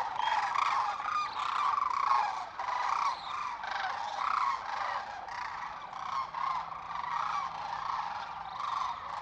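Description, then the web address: Sandhill crane calls from many birds at once, rolling, trumpeting notes overlapping in waves. Western North America. "Dan Gibson Wildlife Identification By Sound, Western North America. Sandhill Crane"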